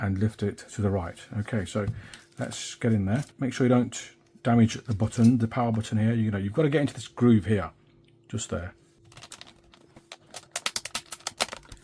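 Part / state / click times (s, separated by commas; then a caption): plastic housing clips of a sat nav case / released / 10.6 s, 10.7 s, 10.8 s, 10.9 s, 11.3 s, 11.4 s. Someone talks while a plastic opening tool is worked along the groove between the front bezel and rear housing of a TomTom GO 6000 sat nav, opened for a battery replacement. The plastic retaining clips of the case snap free one after another with sharp clicks at 10.6, 10.7, 10.8, 11.0, 11.3 and 11.4 seconds, and the case pops open.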